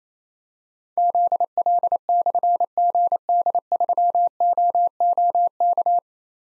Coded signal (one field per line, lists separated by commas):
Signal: Morse code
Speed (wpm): 28 wpm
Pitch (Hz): 700 Hz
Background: none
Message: ZL/GD3OOK